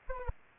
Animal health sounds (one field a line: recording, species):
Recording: mosquito wingbeat signal from an infrared sensor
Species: Anopheles arabiensis